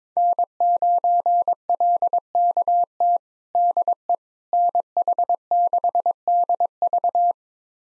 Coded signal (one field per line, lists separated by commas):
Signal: Morse code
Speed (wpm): 22 wpm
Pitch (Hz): 700 Hz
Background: none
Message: N9LKT DE NH6DV